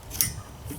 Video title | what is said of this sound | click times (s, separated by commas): How to change windshield Wiper Blades | it locks into place. | 0.2 s